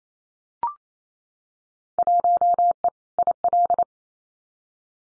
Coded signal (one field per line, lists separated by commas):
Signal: Morse code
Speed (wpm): 28 wpm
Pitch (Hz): 700 Hz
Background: none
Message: 1E IL